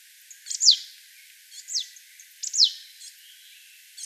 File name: Poecile palustris